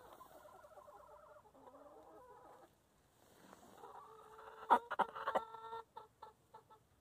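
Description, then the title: Chickens clucking in rapid runs of short notes, a pause, then louder stacked calls with sharp knocks, ending with a few quieter notes. Chickens in their coop. "In the chicken coop - A csirkeólban"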